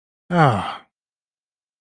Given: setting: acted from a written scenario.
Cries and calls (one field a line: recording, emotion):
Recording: vocal sound without words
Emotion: relief